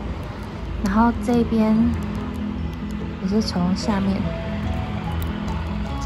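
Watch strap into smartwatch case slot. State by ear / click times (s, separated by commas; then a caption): seated / 5.2 s. Someone talks over background music while a second strap is pushed in from below into the other slot of an Apple Watch Series 6 case. A brief, sharp click is heard at 5.2 s as the band seats and is attached.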